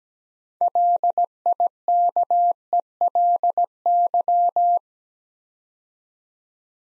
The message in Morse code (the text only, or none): LIKELY